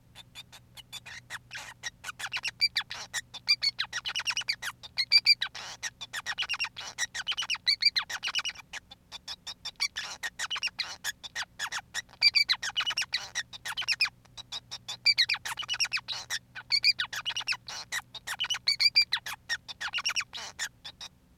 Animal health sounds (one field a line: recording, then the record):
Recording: song of a male Bengalese finch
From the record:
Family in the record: son of father 5